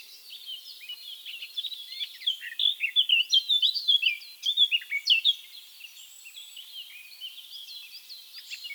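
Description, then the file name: Eurasian blackcap singing a fast, jumbled warble that builds into louder notes midway, then fades to softer chatter. "Sylvia atricapilla"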